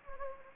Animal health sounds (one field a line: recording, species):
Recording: mosquito wingbeat signal from an infrared sensor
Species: Anopheles gambiae